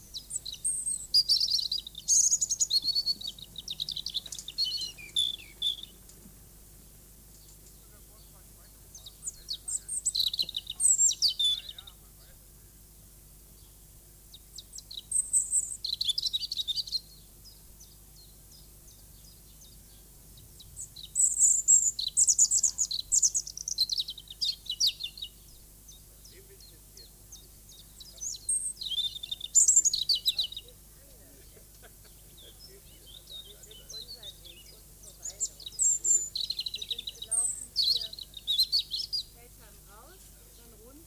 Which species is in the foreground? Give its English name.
European Robin